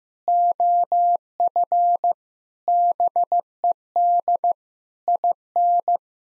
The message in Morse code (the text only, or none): OF BED IN